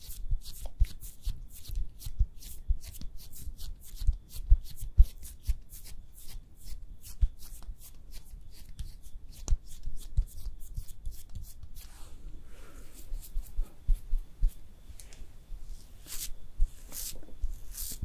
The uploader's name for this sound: ASMR Makeup Artist Does Your MAKEUP (Layered + No Talking)